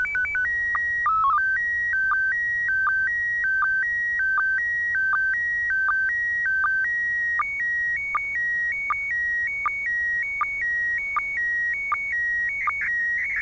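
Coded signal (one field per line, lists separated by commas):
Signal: SSTV (slow-scan television)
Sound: steady warbling tone hopping between two pitches, with short regular low blips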